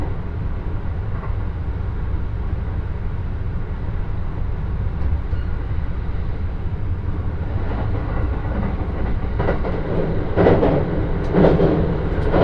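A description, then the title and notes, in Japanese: A local train on the Joban Line rolls along with a steady, deep rumble that fills the whole clip. The sound is dense and even, with bursts of rattling and squealing rising over the roar from about eight seconds on, loudest near ten and eleven seconds. 耳で楽しむ鉄道旅 常磐線普通 石岡→土浦→取手。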